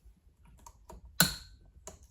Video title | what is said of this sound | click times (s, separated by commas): Will it Run? Craftsman Chainsaw that Sat for Years! | If we tighten this, it should snap into place. | 1.2 s